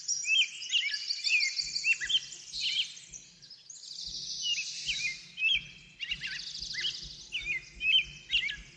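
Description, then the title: Several birds sing at once, with looping whistled slurs and buzzy high phrases over faint low rumbling. Backyard. "Backyard Birds - Ambient Nature Bird Sounds"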